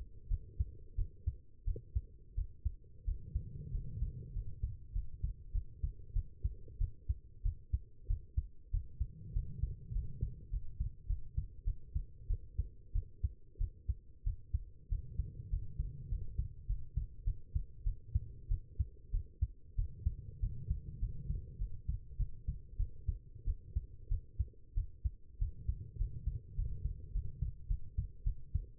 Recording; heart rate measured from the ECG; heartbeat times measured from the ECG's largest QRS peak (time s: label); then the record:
heart sounds by stethoscope; 97 bpm
0.29 s: heartbeat
0.96 s: heartbeat
1.65 s: heartbeat
2.35 s: heartbeat
3.05 s: heartbeat
3.72 s: heartbeat
4.34 s: heartbeat
4.93 s: heartbeat
5.52 s: heartbeat
6.13 s: heartbeat
6.78 s: heartbeat
7.43 s: heartbeat
8.07 s: heartbeat
8.71 s: heartbeat
9.33 s: heartbeat
9.93 s: heartbeat
10.51 s: heartbeat
11.07 s: heartbeat
11.65 s: heartbeat
12.28 s: heartbeat
12.93 s: heartbeat
13.58 s: heartbeat
14.24 s: heartbeat
14.89 s: heartbeat
15.50 s: heartbeat
16.09 s: heartbeat
16.67 s: heartbeat
17.25 s: heartbeat
17.84 s: heartbeat
18.49 s: heartbeat
19.11 s: heartbeat
19.76 s: heartbeat
20.40 s: heartbeat
21.00 s: heartbeat
21.59 s: heartbeat
22.17 s: heartbeat
22.77 s: heartbeat
23.45 s: heartbeat
24.09 s: heartbeat
24.75 s: heartbeat
25.39 s: heartbeat
25.98 s: heartbeat
26.56 s: heartbeat
27.13 s: heartbeat
27.68 s: heartbeat
28.24 s: heartbeat
From the record:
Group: healthy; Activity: rest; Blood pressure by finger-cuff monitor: 102/72 mmHg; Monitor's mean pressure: 85 mmHg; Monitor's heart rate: 97 bpm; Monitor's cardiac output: 8 L/min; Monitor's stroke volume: 83 mL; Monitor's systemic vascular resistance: 770 dyn s/cm5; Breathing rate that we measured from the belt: 11 breaths a minute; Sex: female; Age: 19 years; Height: 163 cm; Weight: 51 kg